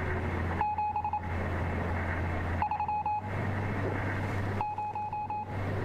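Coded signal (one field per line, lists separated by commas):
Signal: Morse code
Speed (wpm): 27 wpm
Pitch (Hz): 2500 Hz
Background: none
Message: 730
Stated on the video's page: Morse code from the game Stories Untold.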